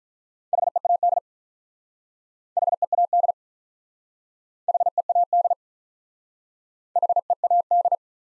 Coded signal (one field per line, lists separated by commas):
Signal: Morse code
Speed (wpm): 44 wpm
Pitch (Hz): 700 Hz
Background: none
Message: HEAD HEAD HEAD HEAD